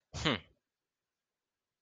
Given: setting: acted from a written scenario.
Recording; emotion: vocal sound without words; triumph